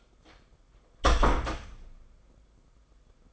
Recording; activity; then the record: daily activity, microphone in the room; close door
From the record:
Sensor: 5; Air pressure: 990.6 hPa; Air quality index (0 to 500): 153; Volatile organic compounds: 185 ppm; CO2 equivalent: 4163 ppm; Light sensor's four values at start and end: 26/63/26/28 and 26/61/25/27